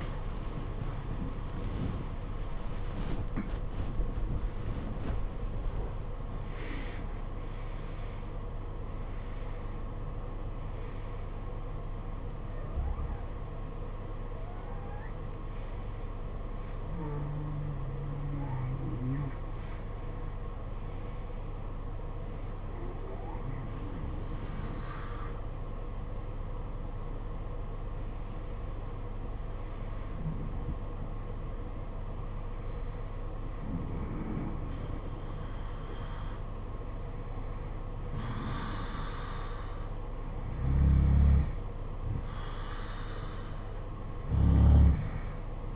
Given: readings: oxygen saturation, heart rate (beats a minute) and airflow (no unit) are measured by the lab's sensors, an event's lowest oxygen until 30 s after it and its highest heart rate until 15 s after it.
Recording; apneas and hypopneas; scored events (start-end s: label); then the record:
breathing in sleep by a smartphone at the bedside; none
none scored
From the record:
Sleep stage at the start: N1 (lightest sleep); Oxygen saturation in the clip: 85 to 96%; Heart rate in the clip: 49 to 92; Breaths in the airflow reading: 10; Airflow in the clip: -15.5 to 14.4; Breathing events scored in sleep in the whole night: 476 in 9.7 hours asleep